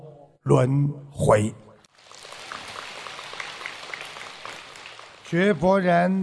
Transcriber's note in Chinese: 掌声